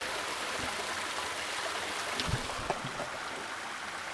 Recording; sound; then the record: sound for misophonia research; water drops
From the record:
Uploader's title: water flows creek loud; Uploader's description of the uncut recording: water flows loud, recorded with the xy microphone of the zoom h2n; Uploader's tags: drops, drought, switzerland, waterfall, water, flows, creek, river, mountains, alps